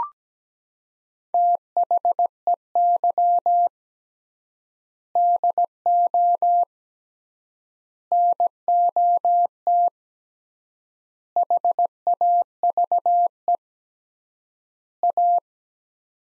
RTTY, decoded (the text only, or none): none